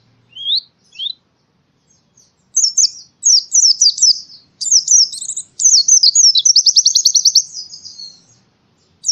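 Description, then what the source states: Canary song opening with two rising chirps, then bursts of quick high twittering that build into a long, even trill of repeated notes. Canary song used as a master song for training birds.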